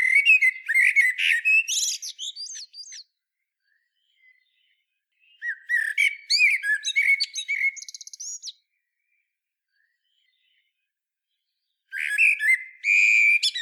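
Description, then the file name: Common blackbird delivering three separate song bouts, each of low fluty warbles mixed with high chattering squeaks, separated by pauses of a few seconds. "Turdus merula"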